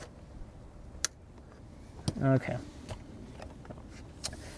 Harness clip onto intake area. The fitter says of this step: clip this into place.